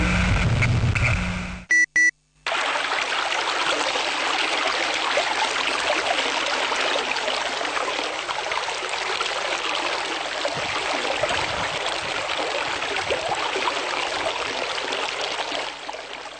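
A river flows in a steady, continuous rush of bright, hissing water that barely changes for the whole stretch. It starts after a short burst of other noise and a few brief tones.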